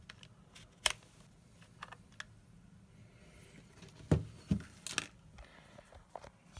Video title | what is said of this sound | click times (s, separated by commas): Для Кирилла В. | и повернули до щелчка сейчас | 0.9 s